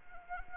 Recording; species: mosquito wingbeat signal from an infrared sensor; Anopheles gambiae